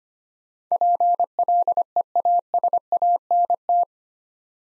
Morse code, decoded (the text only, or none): PLEASANT